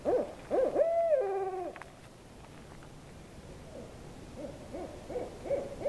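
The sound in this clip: Owl call opening with short hoots and a long, level wail that drops at the end; after a quiet pause, a new series of quick hoots begins.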